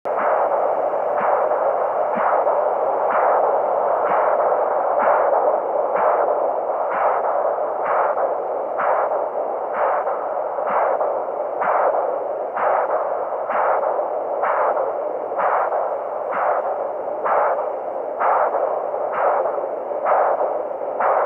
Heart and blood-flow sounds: Doppler ultrasound of blood flow; carotid artery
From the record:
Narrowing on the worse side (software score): moderate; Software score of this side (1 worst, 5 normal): 3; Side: right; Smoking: never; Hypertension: no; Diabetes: no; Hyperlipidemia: no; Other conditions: esophageal varices banding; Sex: female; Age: 62 years

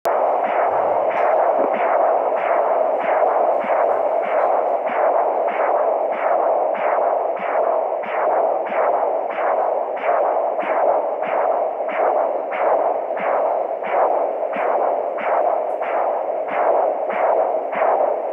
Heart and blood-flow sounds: Doppler ultrasound of blood flow; carotid artery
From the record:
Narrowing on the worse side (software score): severe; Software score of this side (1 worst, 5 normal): 3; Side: right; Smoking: never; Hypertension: yes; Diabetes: type 1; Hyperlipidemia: no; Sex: female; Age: 19 years

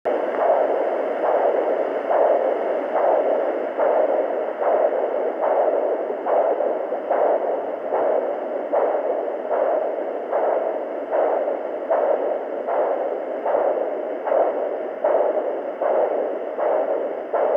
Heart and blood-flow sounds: Doppler ultrasound of blood flow; carotid artery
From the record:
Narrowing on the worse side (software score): moderate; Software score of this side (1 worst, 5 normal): 3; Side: right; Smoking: never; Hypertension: controlled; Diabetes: no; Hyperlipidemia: no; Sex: female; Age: 44 years

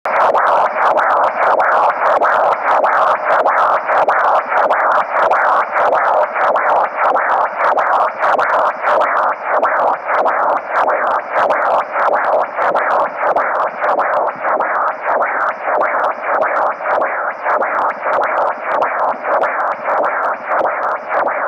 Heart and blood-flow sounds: Doppler ultrasound of blood flow; carotid artery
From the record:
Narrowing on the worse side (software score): mild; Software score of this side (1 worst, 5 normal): 4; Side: left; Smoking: never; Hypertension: no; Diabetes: no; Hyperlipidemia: no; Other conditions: anemia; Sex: male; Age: 20 years

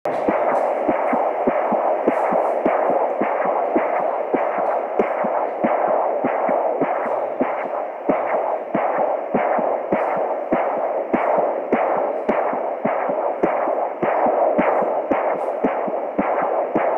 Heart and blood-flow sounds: Doppler ultrasound of blood flow; carotid artery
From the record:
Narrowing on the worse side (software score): normal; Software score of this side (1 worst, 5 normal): 5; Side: right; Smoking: never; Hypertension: no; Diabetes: no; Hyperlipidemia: no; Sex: female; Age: 18 years

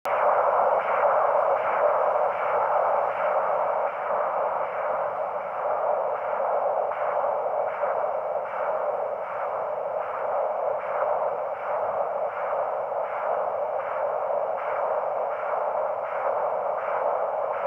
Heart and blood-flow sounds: Doppler ultrasound of blood flow; carotid artery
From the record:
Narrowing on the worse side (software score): moderate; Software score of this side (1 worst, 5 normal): 3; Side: left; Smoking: never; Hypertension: controlled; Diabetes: no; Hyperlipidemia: no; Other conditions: thyroidectomy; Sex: female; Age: 53 years

